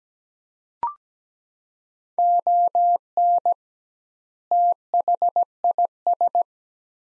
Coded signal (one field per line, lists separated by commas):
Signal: Morse code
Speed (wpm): 17 wpm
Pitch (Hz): 700 Hz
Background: none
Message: ON THIS